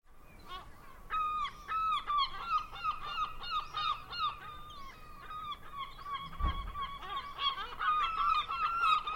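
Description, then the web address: Gull chorus of strident, drawn-out mewing calls and short yelps, many birds overlapping, with a brief low thump about two-thirds of the way through. Recorded in a coastal village. "seagull coastal village"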